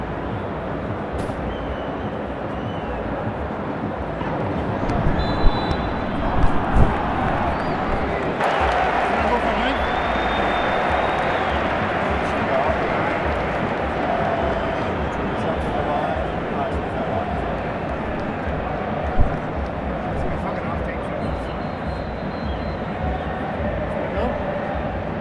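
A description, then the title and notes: A football stadium crowd fills the air with a dense, steady roar of many voices, full and holding level throughout. A few sharp claps or shouts stand out around five to seven seconds and again near nineteen, with faint high whistles drifting above the din. Live Football Stadium | Ambience. Sound Recorded at Wembley.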